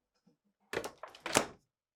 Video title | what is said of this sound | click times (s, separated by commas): NO or DIM Refrigerator LIGHTS? How to replace LED Light part # WR55X25754 on your GE Refrigerator | Then, align it to the refrigerator housing and press firmly until it snaps back into place. | 1.4 s